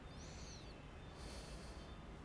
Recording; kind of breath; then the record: one breath in and out by a microphone near the nose and mouth; deep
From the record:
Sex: male